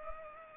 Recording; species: mosquito wingbeat signal from an infrared sensor; Culex pipiens